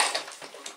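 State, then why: Seated. A Dyson DC55 upright vacuum cleaner body, tipped back, is pushed upright until its parking latch engages so it stays standing. A sharp click is heard at 0.0 s, followed by fainter rattles and a smaller tick near 0.7 s. The standing lock seats and the vacuum can be left upright.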